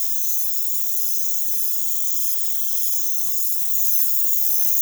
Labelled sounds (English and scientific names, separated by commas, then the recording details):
none
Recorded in pastures near Puerto Asís, Putumayo, Colombia, on 21 December 2024 at 21:30
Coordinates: 0.487, -76.322
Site GP09